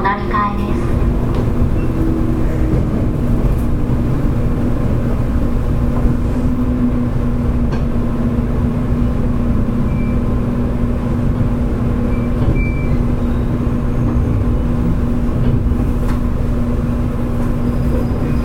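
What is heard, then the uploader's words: A JR Kyushu 811 series train runs along the Kagoshima line, a steady, dense rumble with a low hum that holds throughout. Faint ticks and a few brief high squeaks surface now and then, around the middle and near the end. JR九州 811系 けやき台から鳥栖まで. JR九州 811系電車の走行音です。 鹿児島線の普通列車で録音しました。 It is running sound of JR Kyushu 811 series train. I recorded on a local train on the Kagoshima line.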